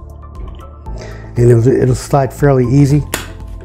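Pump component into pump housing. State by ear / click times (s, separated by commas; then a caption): not seated / none. A dispensing pump component is slid into its seat in the pump housing while someone talks, with faint handling noise and a brief faint tap. Nothing has seated or clicked yet.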